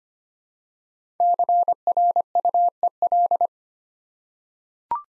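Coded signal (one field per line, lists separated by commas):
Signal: Morse code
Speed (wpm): 25 wpm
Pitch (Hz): 700 Hz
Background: none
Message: CRUEL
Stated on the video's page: Morse drill of 5-letter words at 25 wpm, each word sent twice after its first three letters are spoken.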